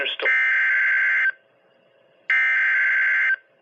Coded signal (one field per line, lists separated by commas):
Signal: Emergency Alert System (SAME) tones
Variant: header bursts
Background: speech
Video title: EAS Alert #15 (Severe Thunderstorm Warning #10) 5/30/18